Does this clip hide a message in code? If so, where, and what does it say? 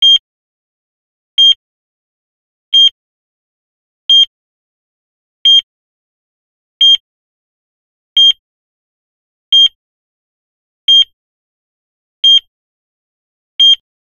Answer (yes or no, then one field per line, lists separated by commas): no